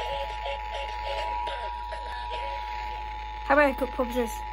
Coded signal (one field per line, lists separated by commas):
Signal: Emergency Alert System (SAME) tones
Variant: 853 and 960 Hz attention tone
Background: speech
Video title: REQUIRED MONTHLY TEST ON 90.1 MHZ (REAL EAS#831)